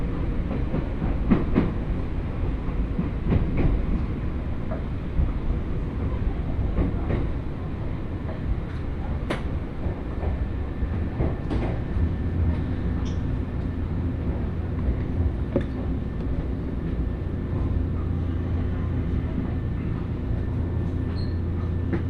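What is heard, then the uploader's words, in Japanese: A train ride in Japan: a steady low rumble of the moving carriage with sharp clicks and rattles scattered throughout, denser early on. 鉄道旅 汐見橋→岸里玉出→なんば→大物。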